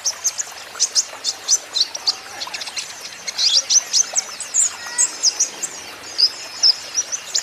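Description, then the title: Van Hasselt's sunbird chirping continuously, high bright notes and quick twitters in rapid clusters. Green-phase ('ijoan') kolibri ninja (konin) singing persistently ('gacor'); used as a lure and therapy to make caged konin answer. "KOLIBRI NINJA KONIN IJOAN GACOR COCOK UNTUK PANCINGAN TERAPI KONIN BAHAN PASTI NYAUT"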